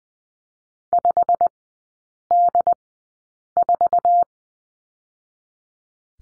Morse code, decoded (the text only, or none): 5D4